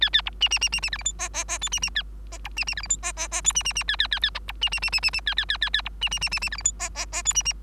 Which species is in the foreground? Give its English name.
Bengalese Finch